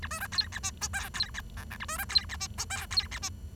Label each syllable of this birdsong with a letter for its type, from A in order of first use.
A B C D E F G H D E I J A B C D E F G H D E F